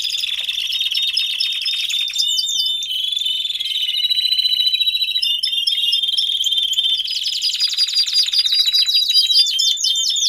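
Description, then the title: Domestic canary song, loud continuous trilling with steady tones, rapid rattled rolls and sweeping whistles throughout ten seconds. Male Belgian canary singing a lot, for training and warming up young canaries. "Canary Training Esquente Seu Filhote E Canario Belga Macho Cantando Muito"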